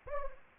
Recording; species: mosquito wingbeat signal from an infrared sensor; Anopheles arabiensis